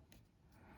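A plastic part for a Team Associated B7 RC buggy is handled and rotated downward toward its mount during a build, with a brief sharp tick at about 0.1 s over a low background rumble. Nothing has seated or clicked into place yet.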